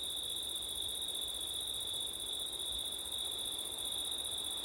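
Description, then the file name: Crickets singing in a steady, unbroken high-pitched chorus with an even higher shimmering trill above it. Crickets on a September night, with wind; ortif (ORTF) microphone setup. "crickets wind september night ortif"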